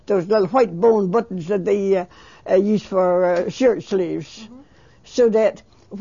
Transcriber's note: none